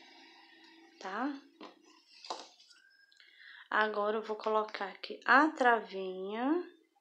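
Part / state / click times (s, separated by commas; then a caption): plastic safety lock washer onto safety eye/joint post in crocheted toy / not seated / none. A plastic safety lock washer is handled near the post of a safety eye or joint on a crocheted amigurumi elephant toy, with someone talking and a few faint, brief taps and rustles around 1.6, 2.3 and 3.2 seconds. Nothing has seated or clicked yet.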